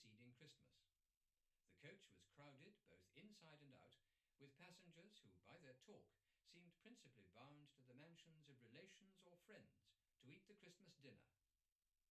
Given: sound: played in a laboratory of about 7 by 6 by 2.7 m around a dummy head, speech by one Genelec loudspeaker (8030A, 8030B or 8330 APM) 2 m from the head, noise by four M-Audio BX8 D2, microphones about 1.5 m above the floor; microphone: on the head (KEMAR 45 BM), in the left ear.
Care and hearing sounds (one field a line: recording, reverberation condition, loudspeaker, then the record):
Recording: male speech in English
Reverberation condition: low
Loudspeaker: 30 degrees to the right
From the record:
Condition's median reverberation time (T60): about 310 ms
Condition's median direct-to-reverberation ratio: about 3.5 dB